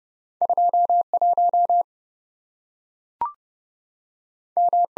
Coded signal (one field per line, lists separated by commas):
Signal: Morse code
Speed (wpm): 30 wpm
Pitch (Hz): 700 Hz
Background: none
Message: 21 M